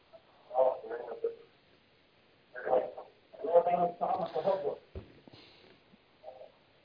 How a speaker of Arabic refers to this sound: اغلق التلفاز وكلمني من الهاتف